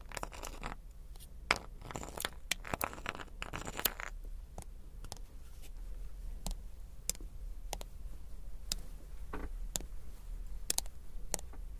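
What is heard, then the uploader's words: Hard little crystals and beads clatter in a dense, busy flurry of bright clicks for the first four seconds. After that the taps thin out to single sharp ticks, spaced irregularly about every half second to a second, over a low steady hum. Diamonds Sounds (Crystals, Beads, Ice, jewels, tapping, scratching).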